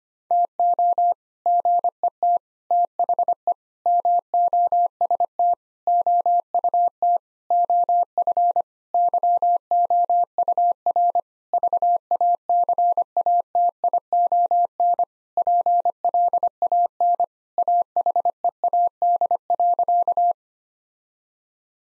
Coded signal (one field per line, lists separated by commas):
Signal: Morse code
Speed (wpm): 25 wpm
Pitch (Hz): 700 Hz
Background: none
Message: TO GET THE MOST OUT OF YOUR VACATION PLAN AHEAD.